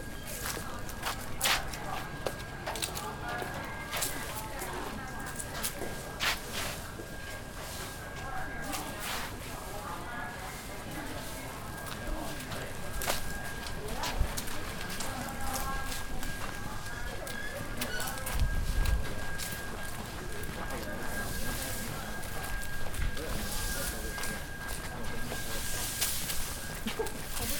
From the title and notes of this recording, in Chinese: 穿过南锣鼓巷｜城市声音。录音时间是2020年12月7日上午。